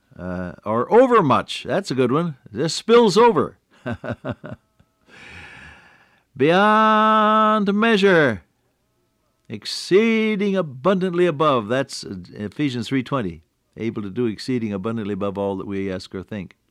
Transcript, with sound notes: Or over much,” that’s a good one, “this spills over” [chuckle] “beyond the measure, exceeding abundantly above,” that’s Ephesians 3:20, “able to do exceeding abundantly above all that we ask or think.”